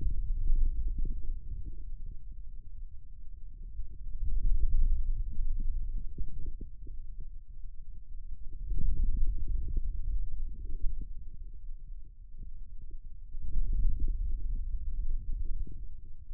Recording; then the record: forearm muscle sounds (acoustic myography)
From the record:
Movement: finger pinch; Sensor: system 2, bracelet of six BSWA MPA416 microphones around the upper forearm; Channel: 6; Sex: male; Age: 22 years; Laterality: right